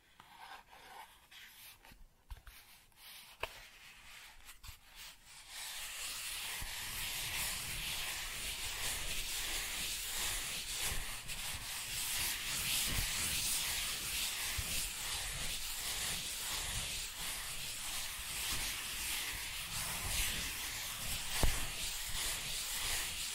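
Cardboard being scratched and scraped, starting with a few sparse, quieter strokes and scattered clicks over the first five seconds. From there the rubbing turns continuous, a dense, gritty, bright scraping that holds steady to the end, broken by occasional sharper ticks.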